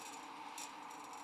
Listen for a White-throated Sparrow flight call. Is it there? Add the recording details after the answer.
no. No flight call is heard. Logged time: 04:21 on 13 December 2014